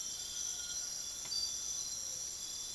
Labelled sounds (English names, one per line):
none